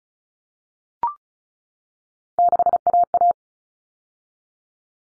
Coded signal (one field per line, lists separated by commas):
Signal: Morse code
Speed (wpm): 34 wpm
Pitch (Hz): 700 Hz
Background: none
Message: 6AA